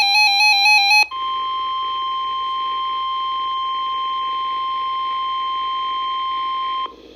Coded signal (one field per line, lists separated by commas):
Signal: Emergency Alert System (SAME) tones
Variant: 1050 Hz attention tone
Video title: EAS Noaa Severe thunderstorm warning for Hartford county MD